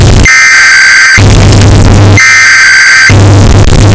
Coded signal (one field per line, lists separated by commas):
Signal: Emergency Alert System (SAME) tones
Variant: header bursts